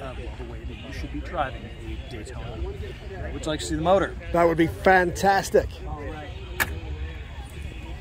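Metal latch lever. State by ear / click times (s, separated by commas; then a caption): released / 6.6 s. Someone talks over a low rumble of background noise while the hood release lever of a classic Daytona sports car, the 1971 Cannonball Run record holder, is pulled to open the engine bonnet. A single nice, solid click sounds from the lever at 6.6 s, and the bonnet latch is released.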